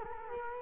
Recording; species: mosquito wingbeat signal from an infrared sensor; Culex quinquefasciatus